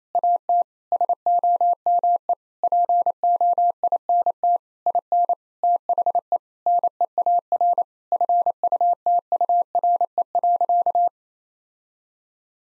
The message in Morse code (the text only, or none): AT SOME POINT IN THE NEAR FUTURE.